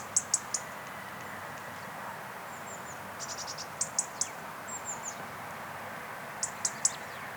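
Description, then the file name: European robin giving sharp, high ticking calls in short bursts of two or three, with a few faint thin whistles between them over a steady hiss. "Erithacus rubecula"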